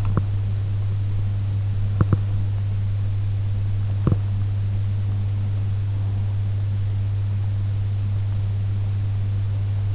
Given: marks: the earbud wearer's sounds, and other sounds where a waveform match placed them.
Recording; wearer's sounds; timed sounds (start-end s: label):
sounds in sleep by an in-ear microphone; teeth grinding
0.00-4.37 s: teeth grinding